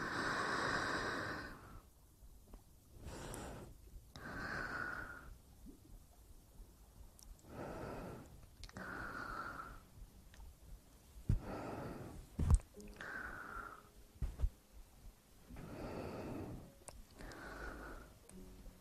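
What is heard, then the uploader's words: Ear eating: wet, breathy mouth sounds in repeated bursts every couple of seconds, with a sharp click near twelve seconds and quiet gaps between. Relaxing Ear Eating.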